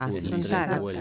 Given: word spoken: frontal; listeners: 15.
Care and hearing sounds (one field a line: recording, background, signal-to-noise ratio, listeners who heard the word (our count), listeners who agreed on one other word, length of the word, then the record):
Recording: one Spanish word in noise, from a listening test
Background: four-talker babble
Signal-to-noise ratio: -0.7 dB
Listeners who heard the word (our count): 1 of 15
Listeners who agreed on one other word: 6 of 15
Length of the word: 0.61 s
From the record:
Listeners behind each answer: 6, 2, 1, 1, 1, 1, 1, 1, 1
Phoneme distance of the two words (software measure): 27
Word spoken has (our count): 2 syllables, 7 phonemes, stress on syllable 2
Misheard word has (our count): 2 syllables, 6 phonemes, stress on syllable 2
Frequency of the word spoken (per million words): 9.12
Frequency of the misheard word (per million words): 77.70